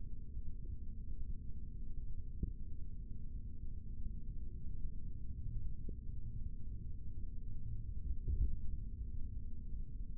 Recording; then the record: forearm muscle sounds (acoustic myography)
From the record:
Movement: rest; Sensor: system 3, bracelet of six PUI Audio POM-2738L microphones around the upper forearm, with dedicated amplification and filtering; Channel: 2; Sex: male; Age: 23 years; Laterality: right